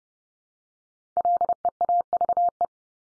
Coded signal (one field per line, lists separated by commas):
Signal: Morse code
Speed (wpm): 29 wpm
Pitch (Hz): 700 Hz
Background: none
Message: LEAVE